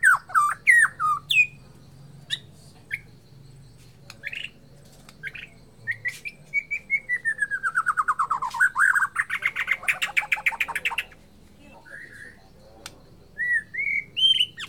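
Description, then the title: White-rumped shama song with scattered whistles and chips, then a long series of descending notes running into a buzzy trill, followed by a few sweet whistles. Bornean form of the white-rumped shama. "MURAI BORNEO MAS KIKI"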